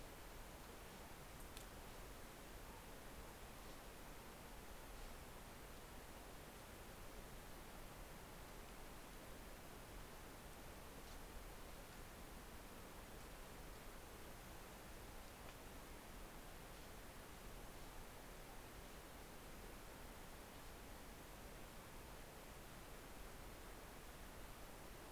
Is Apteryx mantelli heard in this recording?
no